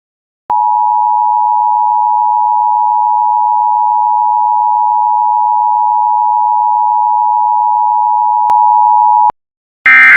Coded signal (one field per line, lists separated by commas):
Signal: Emergency Alert System (SAME) tones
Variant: 853 and 960 Hz attention tone